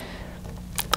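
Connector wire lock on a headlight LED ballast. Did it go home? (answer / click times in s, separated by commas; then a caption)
yes / 0.9 s. The wire lock on the connector of a Tesla Model 3 headlight LED ballast is pushed down by hand over a steady low hum, with a faint tick near 0.8 s. It snaps into place with a sharp click at 0.9 s, leaving the connector secure.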